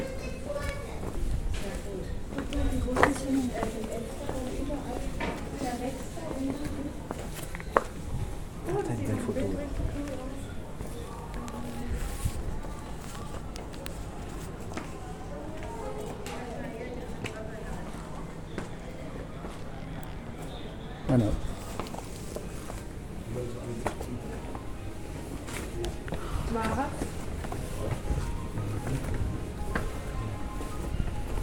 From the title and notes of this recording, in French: Balade à Cadaquès. Juste une ballade sonore à cadaquès.